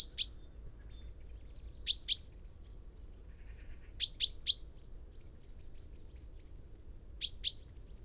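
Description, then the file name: Common chaffinch calling: clipped high notes in doubles and triples with pauses of a few seconds, and a faint low hum beneath. "Fringilla coelebs"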